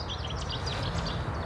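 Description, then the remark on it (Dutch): A Cetti's warbler sings, a quick run of sharp, high, chirping notes repeated over a steady rushing background noise, with no voices present. “Gehoord? Ook Setizanger.”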